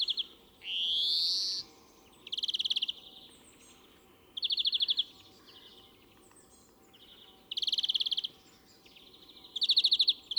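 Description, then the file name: European greenfinch giving a rising drawn-out wheeze, then several buzzy trill bursts. "Chloris chloris"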